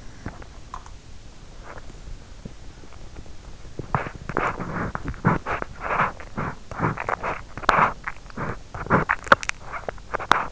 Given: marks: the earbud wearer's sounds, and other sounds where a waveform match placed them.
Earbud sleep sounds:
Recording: sounds in sleep by an in-ear microphone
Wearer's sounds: body movement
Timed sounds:
0.00-10.52 s: body movement

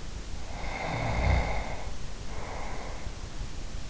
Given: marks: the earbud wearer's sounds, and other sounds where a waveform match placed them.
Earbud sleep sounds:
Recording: sounds in sleep by an in-ear microphone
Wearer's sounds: snoring breath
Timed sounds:
0.25-3.52 s: snoring breath

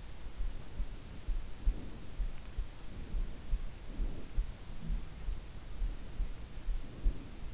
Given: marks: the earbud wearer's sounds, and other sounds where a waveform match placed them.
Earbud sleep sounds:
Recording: sounds in sleep by an in-ear microphone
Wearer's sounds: breath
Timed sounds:
0.71-2.17 s: breath
2.90-4.49 s: breath
5.78-7.53 s: breath

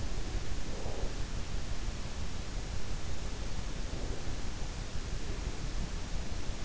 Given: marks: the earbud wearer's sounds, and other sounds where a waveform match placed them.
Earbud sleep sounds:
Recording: sounds in sleep by an in-ear microphone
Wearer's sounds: breath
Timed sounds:
0.31-1.22 s: breath
3.80-4.90 s: breath
5.19-5.97 s: breath

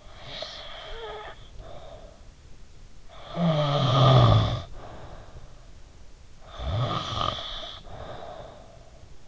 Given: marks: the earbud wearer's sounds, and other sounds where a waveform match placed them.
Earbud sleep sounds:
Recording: sounds in sleep by an in-ear microphone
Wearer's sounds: snoring breath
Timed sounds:
0.00-2.33 s: snoring breath
3.37-5.65 s: snoring breath
6.40-8.87 s: snoring breath

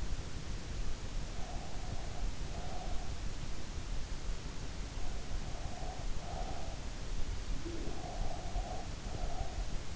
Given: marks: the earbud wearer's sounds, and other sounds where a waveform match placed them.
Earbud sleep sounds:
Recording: sounds in sleep by an in-ear microphone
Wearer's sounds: breath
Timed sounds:
1.05-3.44 s: breath
4.99-6.80 s: breath
7.38-9.96 s: breath

